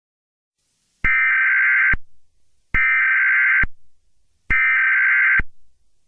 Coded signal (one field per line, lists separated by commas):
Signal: Emergency Alert System (SAME) tones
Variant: header bursts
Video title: EAS Scenario #80: Ghost Storm